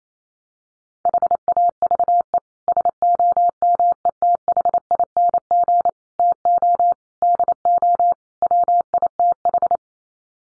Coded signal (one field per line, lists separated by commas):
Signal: Morse code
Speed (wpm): 28 wpm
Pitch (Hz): 700 Hz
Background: none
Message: HAVE SOMETHING TO DO WITH